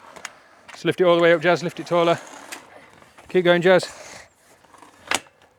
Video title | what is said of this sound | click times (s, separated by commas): Part 3: How To Train Your Pigeon. Complete racing season 2025 | Did yours clip in? Did you hear it click? | 5.1 s